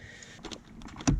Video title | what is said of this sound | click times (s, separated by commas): Don't Let This $10 Part Leave Your Cummins Stranded!! + Car Meet Footage! | there we go all right definitely want to make sure it snaps into place | 1.1 s